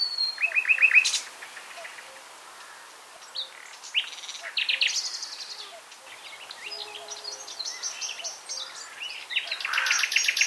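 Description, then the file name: Common nightingale singing varied short phrases: a fast stuttering trill, sharp high notes, scattered notes and a loud burst near the end. "Luscinia megarhynchos"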